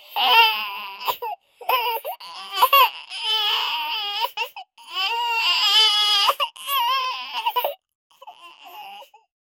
Helpless baby cry in pain.